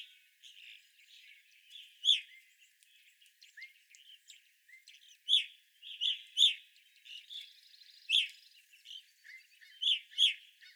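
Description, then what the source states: Evening grosbeak calls, a busy flock of sharp slurred chirps, the loudest notes often coming in quick pairs, with soft background chatter. Several evening grosbeaks, recorded 25 April 2021.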